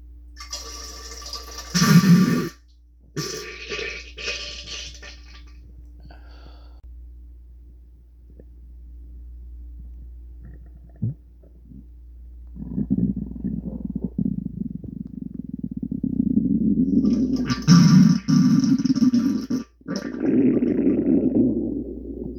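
Low, watery gurgling and rumbling from an adult's tummy comes in irregular bursts, with a quiet stretch in the middle before the bubbling builds again. These are stomach and bowel gurgles (borborygmi), made as gas and fluid move through the gut.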